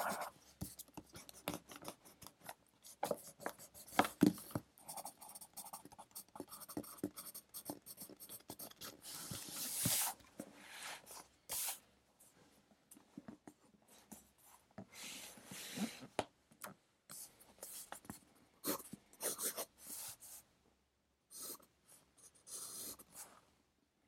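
A pencil moves across paper in quick, uneven bursts of scratching, with short pauses between strokes and lines. The scratches are dry and bright, sometimes denser and rubbing, such as around ten and sixteen seconds. A faint, steady hiss sits underneath throughout.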